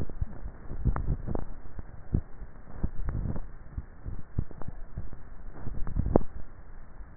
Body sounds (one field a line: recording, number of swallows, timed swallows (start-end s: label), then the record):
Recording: swallowing sounds by neck microphone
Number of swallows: 3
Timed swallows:
0.78-1.45 s: swallow
2.88-3.32 s: swallow
5.68-6.15 s: swallow
From the record:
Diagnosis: dysphagia